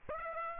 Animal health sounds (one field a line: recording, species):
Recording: mosquito wingbeat signal from an infrared sensor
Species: Aedes aegypti